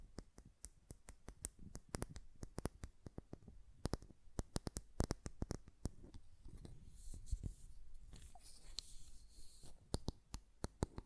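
Glass perfume bottle tapping, with many sharp, bright clicks scattered irregularly across the whole clip, sometimes in quick clusters. Between taps there are soft scraping and rubbing sounds, and around eight to nine seconds a brighter, rattling stretch suggests the lid being handled.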